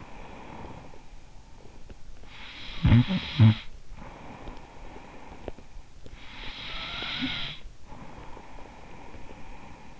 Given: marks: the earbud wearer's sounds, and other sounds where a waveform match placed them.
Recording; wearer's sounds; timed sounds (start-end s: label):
sounds in sleep by an in-ear microphone; snoring breath
0.00-10.00 s: snoring breath